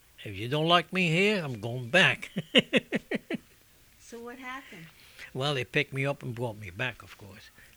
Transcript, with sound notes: I said, "If you don't like me here, I'm going back. ( he laughs )
So what happened?
Well, they picked me up and brought me back, of course.